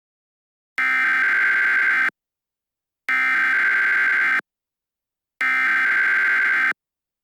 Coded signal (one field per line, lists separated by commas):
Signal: Emergency Alert System (SAME) tones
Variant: header bursts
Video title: The Divided States of America | An EAS Scenario (READ DESC)